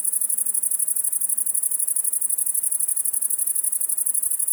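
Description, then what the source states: Great Green Bush-cricket singing a continuous high, fast, jerky chirring of tightly packed pulses. First of the year; close individual about 1 m from microphones, one of 3-4 in south-facing Virginia creeper; very fast jerky rhythm after sun-warming; 20.4 °C; Fourcinet, Drôme, 700 m, 9 July 2018, late afternoon.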